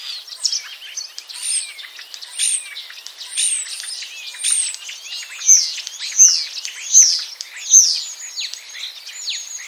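Common starling producing clicks and buzzy chatter, then a series of four loud, sharp high notes repeated roughly every 0.7 seconds.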